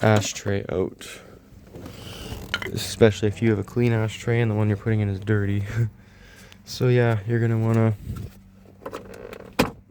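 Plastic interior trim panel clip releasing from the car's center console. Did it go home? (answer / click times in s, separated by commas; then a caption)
released / 9.6 s. Someone talks while pulling up a plastic interior trim panel around the center console and ashtray area of a BMW E9X, which is held in by clips. A few faint handling taps come near 2.5 s and 8.9 s, then a sharp click at 9.6 s as a trim clip pops loose and releases from the console.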